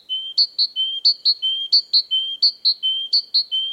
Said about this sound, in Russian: Большая синица поет всегда по-разному, у нее много разных песен, но это всегда очень ритмичная песня.